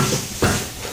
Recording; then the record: coughing mixed with background sound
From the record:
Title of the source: Mid-morning Winter Coughing Fit